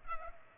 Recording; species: mosquito wingbeat signal from an infrared sensor; Culex pipiens